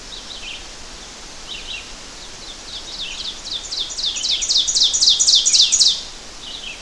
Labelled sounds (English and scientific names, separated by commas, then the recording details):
Ovenbird (Seiurus aurocapilla) song
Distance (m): 5 m
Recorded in boreal forest in Alberta, Canada, on 12 June 2016 at 06:03
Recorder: SongMeter 3, array SBT-3-18
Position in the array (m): 230 m, 88 m
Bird 31